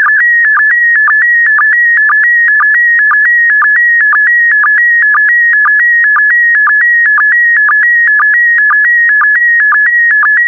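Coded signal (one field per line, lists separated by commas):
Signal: SSTV (slow-scan television)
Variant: PD120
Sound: steady warbling tone near 1.8 kHz with regular short low blips twice a second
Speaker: complete. You can now check your decoded image against the picture that is shown on the video.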